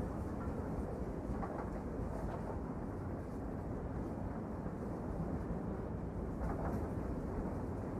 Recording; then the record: background sound without coughing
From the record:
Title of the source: Train Ride Ambience ambient white noise for sleeping, focus, studying, reading